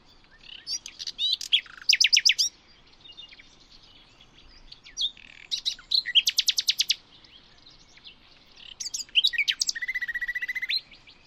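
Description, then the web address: Bird song built from fast, high trills and chips in repeated bursts, closing with a steady series of quick identical notes. "birddata Deverinetal 2025 Bird Only Lu Me"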